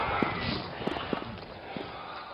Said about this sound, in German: Das ist mein eigener Sound, den ich produziert habe mit meinen Schritten. Und ich komme mir dann dabei vor, auch fast wie so eine Nadel von einem alten Plattenspieler, der ganz sensibel die Umgebung abtastet.